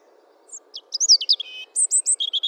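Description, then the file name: European robin song: thin high notes, then a burst of sliding whistles, a brief buzzy trill and quick repeated high chirps. "Erithacus rubecula"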